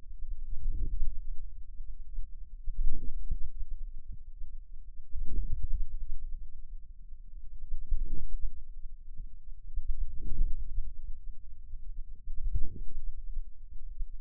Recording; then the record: forearm muscle sounds (acoustic myography)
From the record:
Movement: hand closing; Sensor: system 2, bracelet of six BSWA MPA416 microphones around the upper forearm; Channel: 5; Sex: male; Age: 22 years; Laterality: right